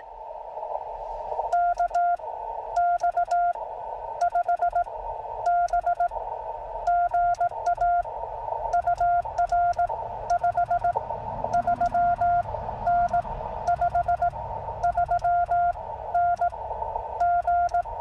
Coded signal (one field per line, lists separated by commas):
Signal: Morse code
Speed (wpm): 18 wpm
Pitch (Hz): 690 Hz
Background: none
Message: KX5B GA UR 53N 53N G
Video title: A quick CW Jeep POTA Activation on 17m - US-7882 Doerun Pitcherplant Bog WMA